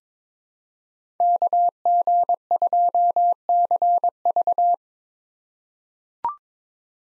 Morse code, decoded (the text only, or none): KG2CV